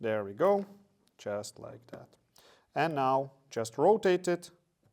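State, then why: Not seated. A pin being handled in an airsoft pistol slide (TP22) while someone talks throughout the clip. The pin has been forced in and is about to be rotated, but nothing has seated or clicked yet.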